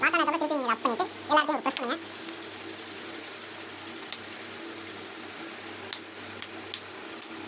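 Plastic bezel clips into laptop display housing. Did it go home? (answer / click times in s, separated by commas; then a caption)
yes / 4.1 s, 5.9 s, 6.4 s, 6.7 s, 7.2 s. Someone talks for about the first two seconds, then presses around a plastic laptop screen bezel so its clips snap into the display housing one after another. Short sharp clicks land at 4.1, 5.9, 6.4, 6.7 and 7.2 seconds over a low steady hum. The bezel ends up seated, with each clip locking in.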